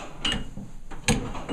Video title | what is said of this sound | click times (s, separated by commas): Throwback: AWESOME Warner Traction Freight Elevator - Frank & Jerry's Furniture - Steubenville | we have to we have to pull down on this until it clicks oh | 1.1 s